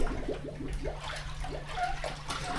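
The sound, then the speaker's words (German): An integrating water sampler is lowered slowly on a long rope into an ocean acidification mesocosm, down toward 17 meters while continuously drawing in water, making soft gurgling, bubbly sloshing sounds at a moderate level, with a faint steady hum underneath and no voices. “Bach lässt das Gerät langsam an einem langen Seil in den Mesokosmos hinabgleiten.”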